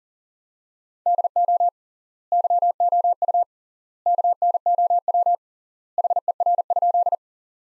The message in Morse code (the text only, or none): DO YOU KNOW HER?